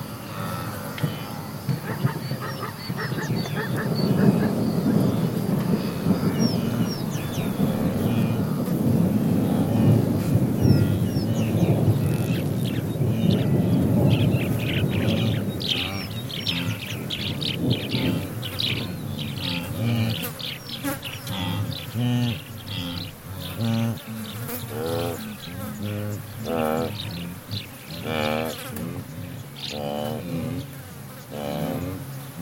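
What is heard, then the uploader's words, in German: Outdoor ambience among zebras and wildebeest in the Serengeti. For the first fifteen seconds or so a dense, low murmur of grunts and movement fills the scene alongside buzzing insects. It then thins, and bright, warbling bird calls repeat over a quieter background. Bei den Zebras und Gnus der Serengeti – Tansania. Nur Geräusche, ohne Erzählung, ohne Musik. Aufnahmen und Postproduktion: Erik Lorenz.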